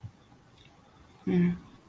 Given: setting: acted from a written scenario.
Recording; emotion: vocal sound without words; guilt